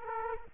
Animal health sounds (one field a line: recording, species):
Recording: mosquito wingbeat signal from an infrared sensor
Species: Aedes aegypti